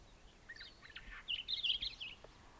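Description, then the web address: Hume's Wheatear song, a brief jumbled phrase of scratchy, buzzy chirps rising into a louder warbled burst near the end, over soft background hiss. "sound Hume's-wheatear. صدای پرنده چکچک شکم سفید"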